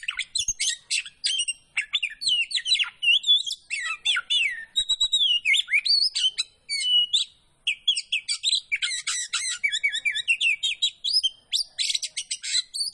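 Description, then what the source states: Oriental magpie-robin singing energetically, a long, unbroken medley of sweet whistles, trills and scratchy chirps, with one brief pause midway. Singing vigorously (gacor); kacer poci type.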